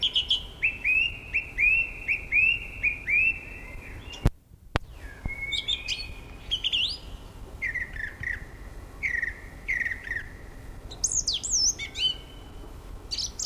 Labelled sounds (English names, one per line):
Song Thrush song